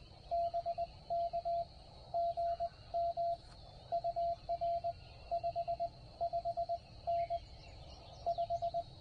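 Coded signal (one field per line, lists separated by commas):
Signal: Morse code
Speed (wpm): 19 wpm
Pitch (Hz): 690 Hz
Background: radio noise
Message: BK GM UR 55N 5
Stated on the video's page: Parks on the Air activation, offered as call sign copy practice.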